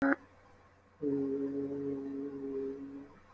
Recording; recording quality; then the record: sustained vowel as in boot; excellent, no background noise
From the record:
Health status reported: healthy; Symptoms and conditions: hypertension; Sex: male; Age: 29 years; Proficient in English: yes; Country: India